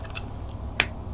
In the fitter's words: got quite a nice click into place